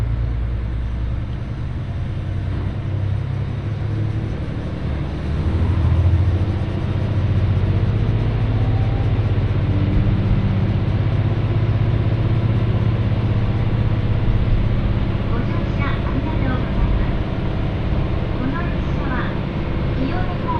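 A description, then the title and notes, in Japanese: A train ride on the Ihara Railway carries a steady low rumble and hum, swelling slightly after five seconds, with faint murmured voices. 耳で楽しむ鉄道旅 井原鉄道 早雲の里荏原→総社。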